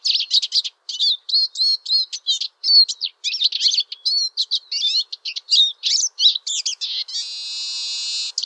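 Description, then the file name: European greenfinch song: rapid chattering twitters and trills in quick bursts with short gaps, ending in a sustained buzzy wheeze. "vihervarpunen janerikbruun"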